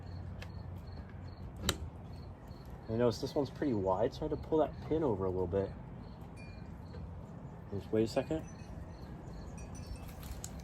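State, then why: Seated. A Tesla-to-J1772 charging adapter with the charger plug fitted is pushed into a car's charge port while someone talks. The adapter clicks and latches at 10.4 s, seating in the port, and the car begins charging.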